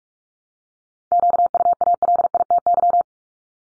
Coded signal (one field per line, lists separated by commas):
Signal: Morse code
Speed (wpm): 44 wpm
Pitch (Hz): 700 Hz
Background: none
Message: QUALITY